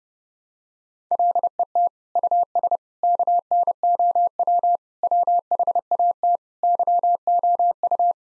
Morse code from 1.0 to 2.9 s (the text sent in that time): LET US